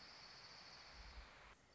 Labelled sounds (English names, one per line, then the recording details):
Orange-crowned Warbler
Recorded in Sonoma County, California